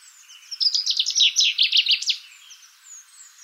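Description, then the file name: Common chaffinch song: a quick run of sharp chirping notes, with faint high calls behind. "Fringilla coelebs"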